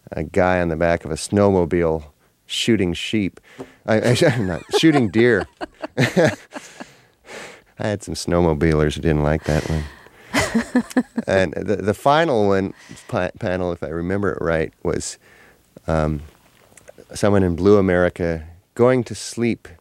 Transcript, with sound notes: a guy on the back of a snowmobile shooting sheep--not--shooting deer. (Soundbite of laughter) I had some snowmobilers who didn't like that one. And the final panel, if I remember it right, was someone in Blue America going to sleep